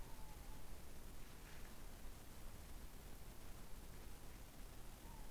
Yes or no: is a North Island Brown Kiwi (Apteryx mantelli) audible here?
no